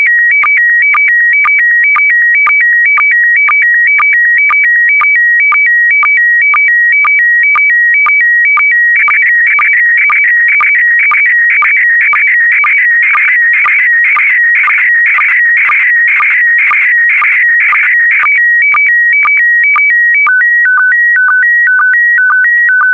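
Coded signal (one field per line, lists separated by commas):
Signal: SSTV (slow-scan television)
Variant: PD120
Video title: (04 of 12) ISS Expedition 66 - MAI-75 February 2022 - Retransmission SSTV PD120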